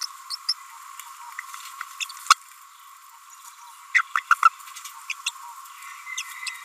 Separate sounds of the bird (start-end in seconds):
0.04-0.06, 0.30-0.36, 0.48-0.53, 3.94-3.99, 4.17-4.20, 4.30-4.34, 4.45-4.49, 5.10-5.13, 5.26-5.30, 6.17-6.22